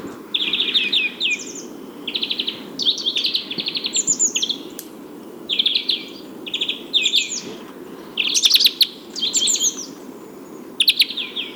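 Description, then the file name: European greenfinch giving rapid twittering trills, short buzzy bursts of chattering notes repeated in quick succession throughout, with a steady low background hum. "Chloris chloris"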